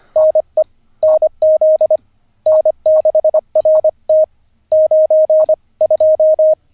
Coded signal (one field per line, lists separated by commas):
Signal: Morse code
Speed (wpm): 25 wpm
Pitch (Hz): 620 Hz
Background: none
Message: NE NZ N6RT 92